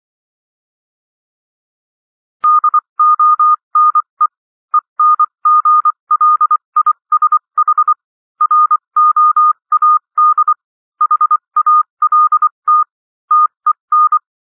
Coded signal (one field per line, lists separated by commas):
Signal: Morse code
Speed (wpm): 24 wpm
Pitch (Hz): 1220 Hz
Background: none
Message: DONE ENGLISH ROAD HALT TEN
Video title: Improve Your Morse Code 21-24 WPM - 24-24 WPM